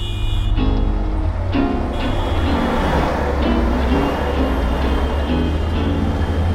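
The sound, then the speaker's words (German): Busy S-Bahn and U-Bahn station ambience at Warschauer Straße in Berlin: a steady, loud low rumble of trains with bursts of tonal whining and beeping signals, and a constant wash of mechanical noise throughout. “S- und U-Bahnhof Warschauer Straße. Das ist Berlin.”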